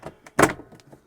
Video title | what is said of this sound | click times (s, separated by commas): EBAY AUCTION NO RESERVE 2005 NU VENTURE CALETTA 2.8 DIESEL 1 OWNER FROM NEW BY CAMPER NERD WV05OVM | that's locked into place and you've got a couple of areas there | 0.4 s